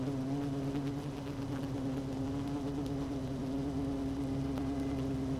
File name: Hive 1 12 06 2018 Queen Bee H 1 audio 16 30 00